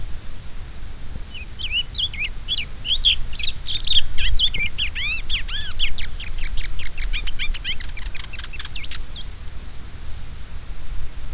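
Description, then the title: Rusty-collared seedeater song, a long phrase of looping whistles turning into a rapid rhythmic series of downslurred notes, about eight seconds in all, over a steady hiss. Repicador song style. "fibra_repicador. coleiro do brejo"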